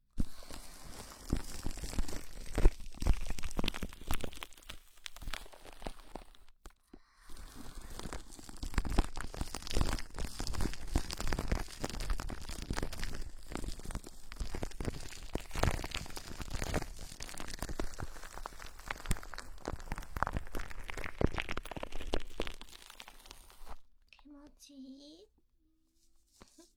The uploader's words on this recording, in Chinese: 泡沫保鲜膜揉耳 耳边碎碎念。